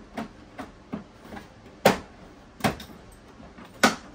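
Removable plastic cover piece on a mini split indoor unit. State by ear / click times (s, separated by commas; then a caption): seated / 1.9 s, 3.8 s. A removable plastic cover piece on the underside of a mini split indoor unit is slid back in and pressed into place, with soft knocks and scraping early on. Sharp snaps ring out at 1.9 s and 3.8 s, with another crisp tap near 2.7 s. The piece snaps home and is seated.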